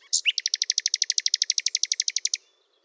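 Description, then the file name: Common nightingale song phrase: short introductory notes, then a fast, even series of many repeated clicking notes. "Luscinia megarhynchos"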